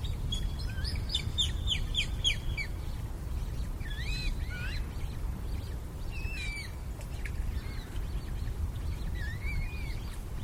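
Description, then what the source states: Eurasian coot chicks calling with quick stuttering whistled notes, then looping, rising and falling peeps, against continuous low background rumble. Young birds.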